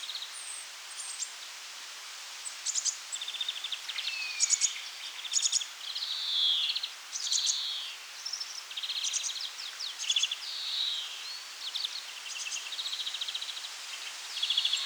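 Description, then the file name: European greenfinch twittering: varied quick trills and chirps interspersed with brief buzzy notes, ongoing over steady background hiss. "Chloris chloris"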